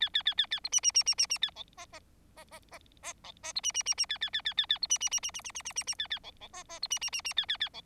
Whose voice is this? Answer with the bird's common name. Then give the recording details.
Bengalese Finch. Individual Bird4